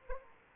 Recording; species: mosquito wingbeat signal from an infrared sensor; Anopheles arabiensis